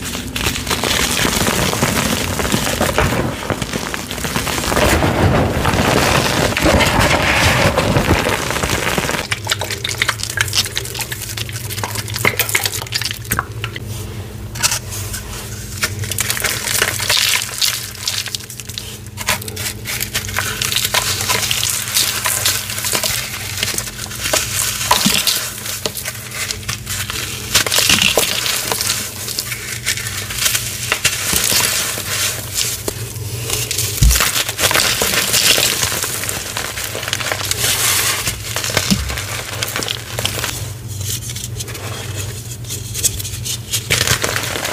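Gym chalk being crushed with baby oil, dense crinkly grinding throughout, rougher for the first nine seconds, then a steady low hum underneath.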